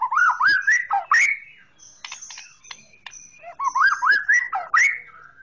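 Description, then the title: Oriental magpie-robin song: two bursts of looping, warbled whistles and chirps separated by a stretch of clicking, scratchy notes. "Kicau Kacer Durasi Panjang 1jam Lebih"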